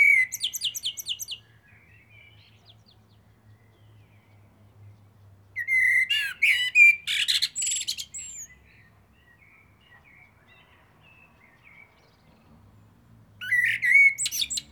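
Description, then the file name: Common blackbird song: mellow fluted whistles each ending in high scratchy twitters, phrases separated by several seconds of near silence. "Turdus merula"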